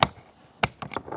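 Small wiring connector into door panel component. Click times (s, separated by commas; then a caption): 0.6 s. A small plastic wiring connector is pushed into its socket on the door panel of a 2015–2025 Ford Transit 250 during a front inside door handle replacement. A sharp click at 0.0 s is followed by the loudest snap at 0.6 s, when the connector seats, then softer clicks and rattles until 1.1 s. The small connector is confirmed to be in.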